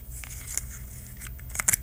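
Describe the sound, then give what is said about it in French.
A loosely fitted plastic bottle cap twisted open, giving a quiet series of small, dry clicks and crackles that end in a couple of sharper ticks, with no talking. “Pas un si grand bruit que ça, c'est juste un bouchon.”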